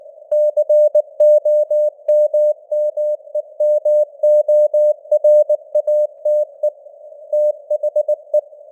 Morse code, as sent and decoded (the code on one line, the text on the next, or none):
-.-. --- -- -- . -- --- .-. .- - . / - .... .
COMMEMORATE THE